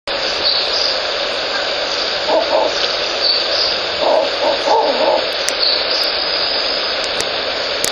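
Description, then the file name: Ural owl hooting, a few low muffled hoots in short clusters, partly buried under a steady loud hiss of background noise. Male, recorded 23 March 2016 at 17:37. "フクロウ♂ 少年の森"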